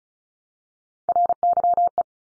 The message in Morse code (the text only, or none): RYE